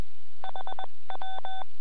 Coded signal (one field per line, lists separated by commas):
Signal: Morse code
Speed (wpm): 21 wpm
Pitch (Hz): 3500 Hz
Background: none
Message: HW